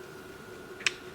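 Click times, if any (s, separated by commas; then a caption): 0.9 s. A plastic gimbal guard, the camera protector, is refitted onto the underside of a G11PRO 6K drone's nose and clicks into place at 0.9 s. It makes a single sharp, short click over a faint steady hum, and the guard is seated.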